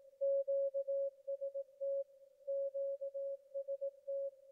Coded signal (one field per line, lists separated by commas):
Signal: Morse code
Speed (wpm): 18 wpm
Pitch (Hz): 550 Hz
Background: none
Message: QST QST